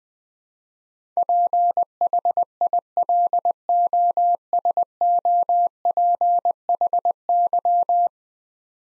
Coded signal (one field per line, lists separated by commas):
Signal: Morse code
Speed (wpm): 20 wpm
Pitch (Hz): 700 Hz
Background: none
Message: PHILOSOPHY